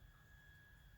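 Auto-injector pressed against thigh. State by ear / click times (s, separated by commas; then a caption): not seated / none. An auto-injector trainer is being handled and jabbed firmly against the outer thigh to activate it. Only a steady background hum with a low rumble and faint high tones is heard. Nothing has clicked yet.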